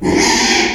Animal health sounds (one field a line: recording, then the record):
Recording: squeal of a Yucatan mini pig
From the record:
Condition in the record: after surgery on the right vocal fold (resection and tissue-engineered implant)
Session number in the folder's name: 2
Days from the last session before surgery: 13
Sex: male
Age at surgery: 12 weeks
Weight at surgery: 13 kg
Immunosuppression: cyclosporine, prednisolone